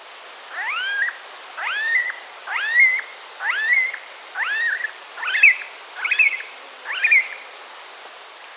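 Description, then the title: Smooth-billed ani giving rising, whining calls, eight in a row roughly once a second, each sweeping upward then levelling off. "LuckyPassaro Completos2Sama. Smooth-billed Ani (Crotophaga ani)"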